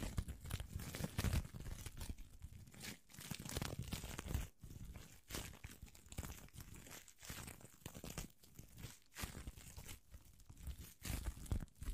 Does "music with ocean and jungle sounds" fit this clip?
no